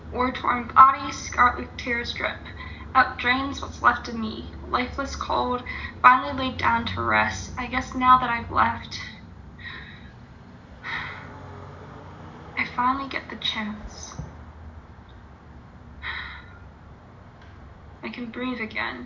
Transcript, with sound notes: War-torn body Scarlett tears drip, Out drains what’s left of me Lifeless cold Finally laid down to rest I guess now that I’ve left (breath) I finally get the chance (breath) I can breathe again.